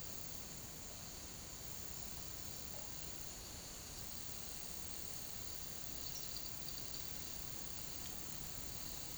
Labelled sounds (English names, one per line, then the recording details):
none
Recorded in pastures near Puerto Asís, Putumayo, Colombia, on 8 March 2025 at 15:30
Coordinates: 0.486, -76.323
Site G075